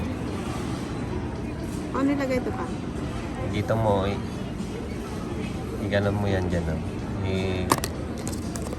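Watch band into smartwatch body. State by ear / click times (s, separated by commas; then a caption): seated / 8.3 s, 8.6 s. A band is slid into the slot on the body of a new, freshly unboxed smartwatch until it locks, while someone talks over a steady background hum. Two short, sharp clicks come at 8.3 s and 8.6 s, and the band is seated.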